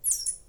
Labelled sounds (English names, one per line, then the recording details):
Stitchbird song
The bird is a male
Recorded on Tiritiri Matangi Island, New Zealand, in 2005
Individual 2, of nest box 2